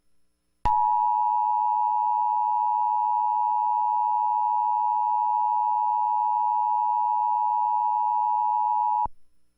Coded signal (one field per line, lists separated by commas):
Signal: Emergency Alert System (SAME) tones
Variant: 853 and 960 Hz attention tone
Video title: American Emergency Alert System Sparta Version